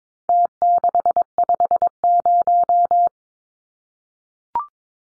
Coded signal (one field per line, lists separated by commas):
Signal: Morse code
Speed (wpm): 22 wpm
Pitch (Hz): 700 Hz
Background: none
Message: T650